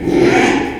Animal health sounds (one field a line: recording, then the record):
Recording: squeal of a Yucatan mini pig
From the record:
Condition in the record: after surgery on the right vocal fold (resection and tissue-engineered implant)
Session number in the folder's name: 4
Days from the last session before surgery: 42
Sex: male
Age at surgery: 12 weeks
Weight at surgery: 13 kg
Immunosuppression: cyclosporine, prednisolone